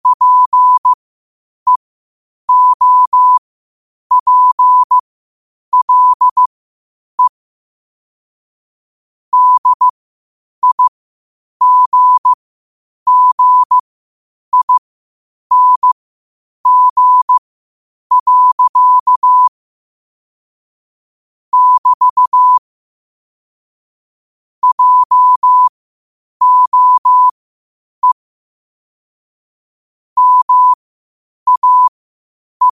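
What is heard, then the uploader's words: Morse code at a slow, steady pace: a single pure mid-pitched tone keys short and long beeps in spaced groups over silence. Morse Code at 8 words per minute.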